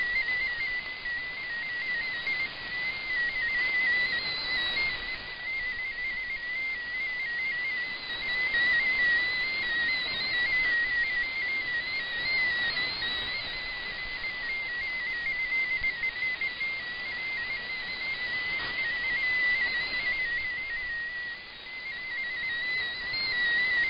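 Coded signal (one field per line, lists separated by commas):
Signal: multi-tone FSK (Olivia or MFSK type)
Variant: MFSK16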